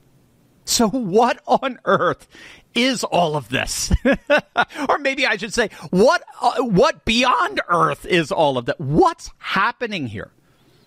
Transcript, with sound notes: So what on Earth is all of this? (laughs) Or maybe I should say, what, uh, what beyond Earth is all of th- What's happening here?